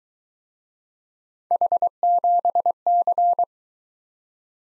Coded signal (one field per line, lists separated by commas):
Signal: Morse code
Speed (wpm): 22 wpm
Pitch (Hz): 700 Hz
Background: none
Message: H7C